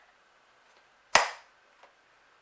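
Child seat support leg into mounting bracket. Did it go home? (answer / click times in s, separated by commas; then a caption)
yes / 1.1 s. The support leg of a Hamax Observer child bike seat, being installed on a bike with a threadless stem, is pushed into its mounting bracket until it engages. A single loud, sharp plastic snap at 1.2 s is followed by a short decay and a faint tick around 1.8 s. The leg is fully seated in the bracket.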